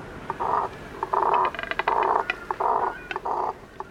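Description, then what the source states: Double-crested Cormorant making hoarse, guttural grunts in short blocks, about one every three-quarters of a second, with rattling pulses between them. From a nesting colony; deep, guttural sounds; limited vocal range because the bird has only one set of syrinx muscles.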